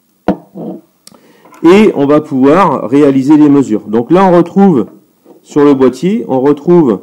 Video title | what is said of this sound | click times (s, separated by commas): Comment contrôler un Relais sur les matériels Agricoles et Travaux Publics | s'il t sur le support sur une machine par exemple hein donc vous voyez ça s'emboîte comme ceci et | 0.3 s